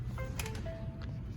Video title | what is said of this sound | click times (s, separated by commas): Nissan Navigation Update via USB | i can hear it click in there's my list there it | 0.4 s